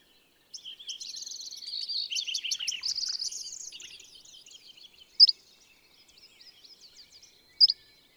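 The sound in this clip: Bird song: a long, rich warbling and twittering phrase, then quieter chatter broken by two loud, sharp high chirps.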